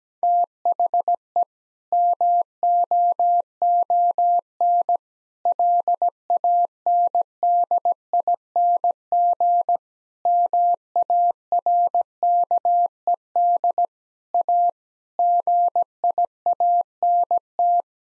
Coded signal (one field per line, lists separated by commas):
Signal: Morse code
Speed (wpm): 17 wpm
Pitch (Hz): 700 Hz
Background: none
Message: THE MOON LANDING MARKED A GIANT